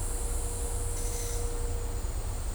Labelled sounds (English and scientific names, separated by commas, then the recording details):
none
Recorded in dense forest near Puerto Asís, Putumayo, Colombia, on 16 December 2024 at 11:00
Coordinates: 0.503, -76.323
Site G043